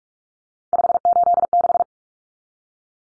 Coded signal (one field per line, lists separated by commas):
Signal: Morse code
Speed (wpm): 44 wpm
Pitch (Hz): 700 Hz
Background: none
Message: 586